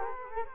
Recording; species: mosquito wingbeat signal from an infrared sensor; Culex quinquefasciatus